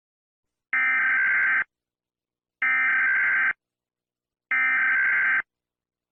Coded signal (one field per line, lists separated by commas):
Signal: Emergency Alert System (SAME) tones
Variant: header bursts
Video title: eas scenario/mock F from alphabet lore invasion